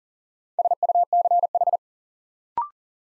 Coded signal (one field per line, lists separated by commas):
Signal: Morse code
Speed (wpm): 37 wpm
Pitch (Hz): 700 Hz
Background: none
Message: SUCH